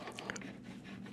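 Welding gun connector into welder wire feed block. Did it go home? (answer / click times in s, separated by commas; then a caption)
yes / 0.3 s. A MIG welding gun connector is pushed farther into the welder's wire feed block until it seats fully against it. A few short, sharp clicks are heard, with the loudest seating click at 0.3 s over a steady low hum. The connector is confirmed fully seated, ready for the thumb screw to be tightened.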